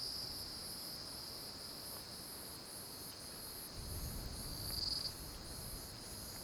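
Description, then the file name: Cicada chorus, a steady shrill high buzz overlaid with a higher pulsing layer; low wind rumble swells in the second half, then eases before the end. Loud, strident cicada chorus; afterwards wind starts blowing in the trees. "Coro de cigarras estridente, depois começa a ventar nas arvores"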